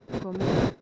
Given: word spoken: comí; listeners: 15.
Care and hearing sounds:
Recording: one Spanish word in noise, from a listening test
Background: noise modulated by one talker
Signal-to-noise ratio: -7.8 dB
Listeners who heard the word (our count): 0 of 15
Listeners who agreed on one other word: 12 of 15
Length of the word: 0.42 s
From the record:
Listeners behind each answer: 12, 3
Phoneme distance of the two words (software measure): 14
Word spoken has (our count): 2 syllables, 4 phonemes, stress on syllable 2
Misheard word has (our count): 3 syllables, 6 phonemes, stress on syllable 2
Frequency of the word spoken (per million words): 1.48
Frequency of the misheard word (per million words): 65.39

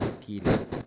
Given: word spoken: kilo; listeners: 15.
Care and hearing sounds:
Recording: one Spanish word in noise, from a listening test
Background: noise modulated by one talker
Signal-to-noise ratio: -11.0 dB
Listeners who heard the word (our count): 3 of 15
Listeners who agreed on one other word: 7 of 15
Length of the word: 0.47 s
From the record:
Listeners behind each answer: 7, 3, 1, 1, 1, 1, 1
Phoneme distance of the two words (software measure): 24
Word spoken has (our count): 2 syllables, 4 phonemes, stress on syllable 1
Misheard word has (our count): 3 syllables, 6 phonemes, stress on syllable 2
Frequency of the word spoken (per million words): 11.98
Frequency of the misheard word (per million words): 3.62

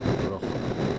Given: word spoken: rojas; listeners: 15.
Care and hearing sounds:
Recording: one Spanish word in noise, from a listening test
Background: noise modulated by three-talker babble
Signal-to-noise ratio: -7.0 dB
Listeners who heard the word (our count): 1 of 15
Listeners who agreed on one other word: 9 of 15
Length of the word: 0.59 s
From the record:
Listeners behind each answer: 9, 4, 1, 1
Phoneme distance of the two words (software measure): 17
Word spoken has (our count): 2 syllables, 5 phonemes, stress on syllable 1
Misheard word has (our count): 2 syllables, 4 phonemes, stress on syllable 1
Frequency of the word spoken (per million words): 36.45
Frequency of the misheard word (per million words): 65.27

